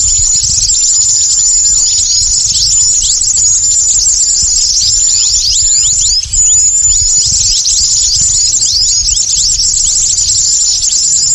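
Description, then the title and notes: Birds chirping densely, shrill rapid twitters and short slurred notes without a break, a high steady whistle laid across the top. Lure calls for attracting stubborn, wary birds that are hard to approach. "Suara Burung Bandel Yang Susah Mendekati. Kompilasi Suara Pikat Burung"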